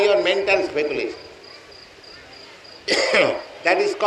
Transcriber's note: coughs